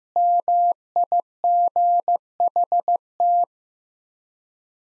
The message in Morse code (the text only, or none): MIGHT